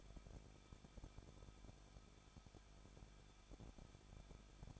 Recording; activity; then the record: daily activity, microphone in the room; no activity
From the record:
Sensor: 5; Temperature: 20.7 degrees Celsius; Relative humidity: 38.7%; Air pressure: 1006.5 hPa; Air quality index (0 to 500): 192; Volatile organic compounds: 21 ppm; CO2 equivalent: 2715 ppm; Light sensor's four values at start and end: 2/3/1/1 and 2/3/1/1